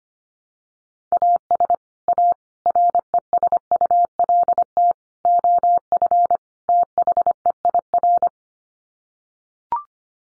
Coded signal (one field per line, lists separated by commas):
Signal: Morse code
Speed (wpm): 25 wpm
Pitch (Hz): 700 Hz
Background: none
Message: AS A RESULT OF THEIR